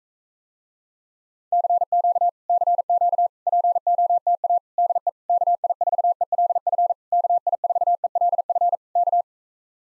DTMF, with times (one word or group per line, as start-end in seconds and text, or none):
none